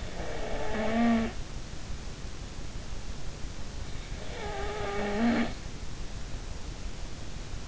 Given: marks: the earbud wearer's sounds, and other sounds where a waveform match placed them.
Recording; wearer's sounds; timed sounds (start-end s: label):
sounds in sleep by an in-ear microphone; snoring breath
0.00-1.32 s: snoring breath
4.20-5.49 s: snoring breath